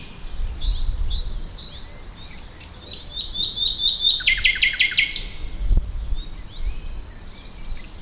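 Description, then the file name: Common nightingale song with a long series of thin whistled notes, then a burst of rapid repeated notes, with steady low background noise. "Luscinia megarhynchos"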